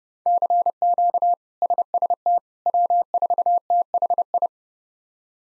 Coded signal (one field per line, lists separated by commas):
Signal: Morse code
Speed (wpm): 30 wpm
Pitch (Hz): 700 Hz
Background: none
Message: CQ SST W4THI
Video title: K1USN SST QSO Practice 30wpm